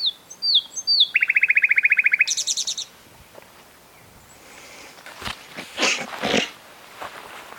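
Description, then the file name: Common nightingale song: a few quick down-slurred notes lead into a loud, fast, rattling trill and a higher buzzy burst. Rustling noises follow after it stops. "Luscinia megarhynchos"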